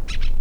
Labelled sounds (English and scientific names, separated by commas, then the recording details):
Brown-throated Parakeet (Eupsittula pertinax) contact call
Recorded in La Tortuga
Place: Isla La Tortuga
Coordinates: 10.925, -65.258